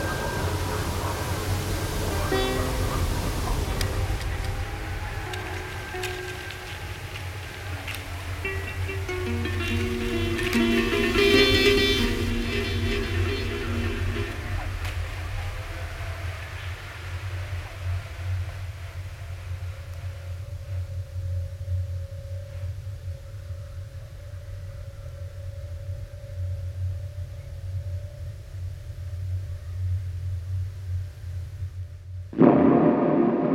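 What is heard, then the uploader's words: A mountain soundscape with a wind-played string instrument: shifting, sustained tones step between pitches over the first fifteen seconds, swelling with a brighter shimmer near eleven seconds. Afterward a single steady tone hangs over a constant low wind rumble, ending in a sudden knock. The soundscape on a mountain above the village of Ngang Nội, Vietnam, was captured together with acoustic recordings of aeolian lute playing. My recording setup gave me a very detailed representation of the interaction between the wind and my instrument, and of any action I would perform.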